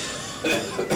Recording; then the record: coughing mixed with background sound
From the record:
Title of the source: Cough Around the Clock!